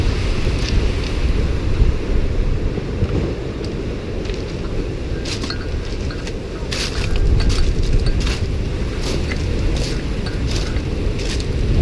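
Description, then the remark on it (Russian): Pacific Ocean surf and wind roar steadily on a beach near Seattle strewn with washed-up wood, a dense low rumble that swells midway, with scattered faint crackles and ticks over the top and no voices. “Тихий океан наломал дров здесь, вытянул все это на берег.”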